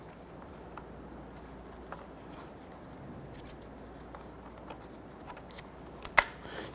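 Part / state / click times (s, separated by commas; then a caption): headlight adjuster into the back of the headlight assembly / seated / 6.2 s. A plastic headlight adjuster is pressed onto the back of the headlight assembly of a 1992–1996 Toyota Camry. Faint scrapes and small ticks lead up to a sharp, bright snap at 6.2 s, just after a smaller click at 6.1 s. The adjuster snaps into place and is seated.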